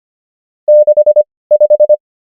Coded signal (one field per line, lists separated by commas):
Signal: Morse code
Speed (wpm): 25 wpm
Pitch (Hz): 600 Hz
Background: none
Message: 65